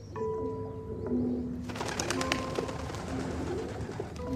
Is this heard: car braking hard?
no